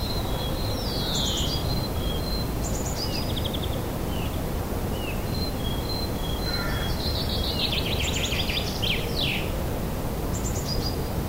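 Birds chirp and trill in a busy dawn chorus at sunrise, quick repeated high calls throughout over a steady low rumble of noise.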